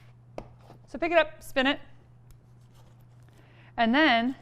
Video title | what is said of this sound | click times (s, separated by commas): Simply Fun Cooking - New Year, New You! | in the green part, and as you spin, it'll lock into place. | 0.4 s